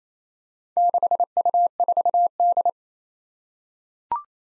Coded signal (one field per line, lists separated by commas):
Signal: Morse code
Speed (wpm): 28 wpm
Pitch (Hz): 700 Hz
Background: none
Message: 6U4D